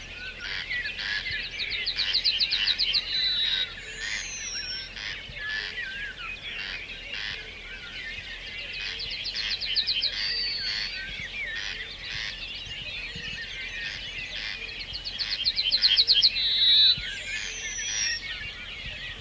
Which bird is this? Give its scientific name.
Emberiza citrinella